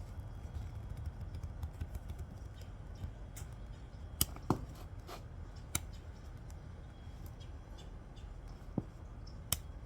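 An amputee puts on a prosthetic leg by stepping the liner's locking pin down into the socket's pin lock. Over steady low background noise, the lock ratchets with three sharp clicks at 4.2, 5.8 and 9.5 seconds, with a couple of fainter ticks in between. The pin engages and the leg is seated.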